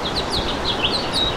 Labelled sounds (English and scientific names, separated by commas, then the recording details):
House Finch (Haemorhous mexicanus) song
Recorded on Long Island, New York, on 26 June 2012
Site BW
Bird A